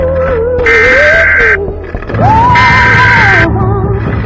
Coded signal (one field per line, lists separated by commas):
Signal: Emergency Alert System (SAME) tones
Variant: header bursts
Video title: Mariah Carey Containment Breach EAS Scenario